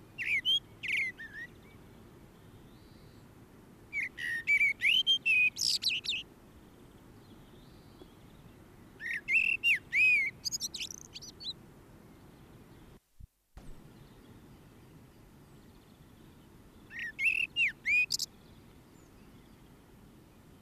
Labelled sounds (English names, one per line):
Common Blackbird song